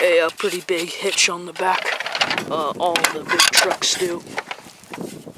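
Someone talks while handling the hitch on the back of a toy model truck, a hitch that locks into place so it can't bounce out. A few short, faint taps come near the end, around 4.8 to 5.0 seconds. The hitch has not been pushed home yet and nothing has seated or clicked.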